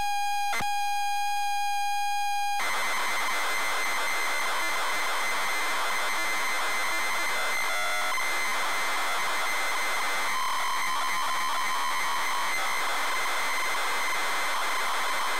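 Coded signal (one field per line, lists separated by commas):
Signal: ZX Spectrum tape loading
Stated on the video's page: ZX Spectrum +3 loading from a WH Smith CPD8300 cassette player, captured via Elgato capture card and SCART to HDMI upscaler.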